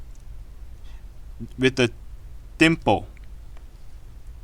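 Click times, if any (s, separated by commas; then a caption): none. Someone talks while a small Wi-Fi antenna connector is carefully lined up on its socket on the logic board of a MacBook A1398 (Early 2015) during a motherboard replacement, using the dimple as a guide. Faint, brief ticks are heard around 3.2 and 3.6 seconds, but the connector has not been pressed, and nothing has seated or clicked yet.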